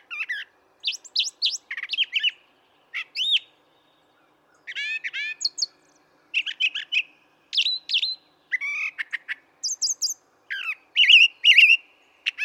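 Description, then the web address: Brown thrasher song of varied phrases often given twice, with sharp downslurred notes, buzzy chirps and high whistles, separated by irregular pauses. "birdsongforthecurious Brown Thrasher"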